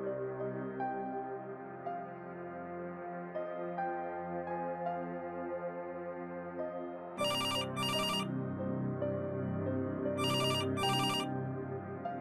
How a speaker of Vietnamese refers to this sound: Ông Ninh tỉnh giấc bởi tiếng chuông điện thoại reo liên hồi.